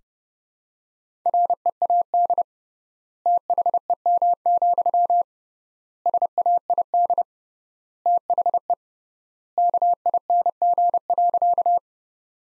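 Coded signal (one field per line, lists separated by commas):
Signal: Morse code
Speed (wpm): 32 wpm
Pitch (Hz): 700 Hz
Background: none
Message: READ THEM, SAID THE KING.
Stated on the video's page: Morse practice sentences from the top 400 words at 30 wpm, sent with 3x standard word spacing, a Farnsworth-like method.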